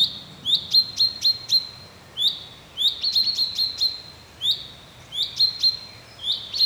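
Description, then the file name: Common chaffinch calling, clipped high notes with a short upward slide, delivered in small clusters separated by pauses of under a second. "Fringilla coelebs"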